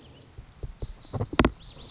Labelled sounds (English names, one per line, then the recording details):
Lazuli Bunting
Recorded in Sonoma County, California